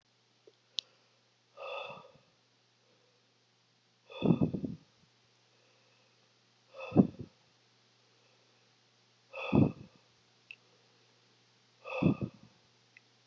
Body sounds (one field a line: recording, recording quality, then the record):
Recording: deep breathing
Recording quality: excellent, no background noise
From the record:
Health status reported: COVID-19 positive, mild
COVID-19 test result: positive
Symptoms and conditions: cold, sore throat, fatigue, muscle pain, loss of smell and taste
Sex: male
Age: 20 years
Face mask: not worn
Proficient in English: yes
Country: United States